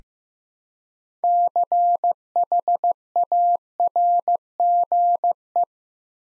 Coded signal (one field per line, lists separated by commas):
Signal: Morse code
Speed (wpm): 15 wpm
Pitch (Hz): 700 Hz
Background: none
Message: CHARGE